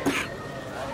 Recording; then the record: coughing mixed with background sound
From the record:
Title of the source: 64 coughing, allergies, singing lungs